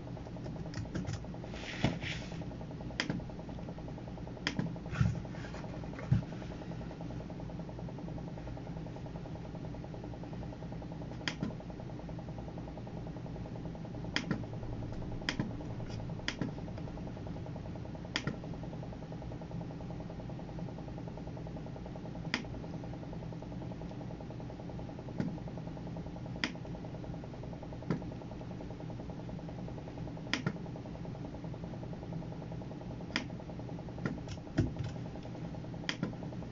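Sounds of someone working at a computer: a steady low hum runs throughout, with sharp clicks scattered irregularly on top. A short cluster of quick taps comes near the start, then single clicks every few seconds until the end.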